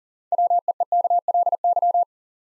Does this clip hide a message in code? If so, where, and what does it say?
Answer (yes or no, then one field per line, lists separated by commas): yes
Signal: Morse code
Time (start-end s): 0.3-2.0 s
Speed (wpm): 37 wpm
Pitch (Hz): 700 Hz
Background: none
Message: WEEKLY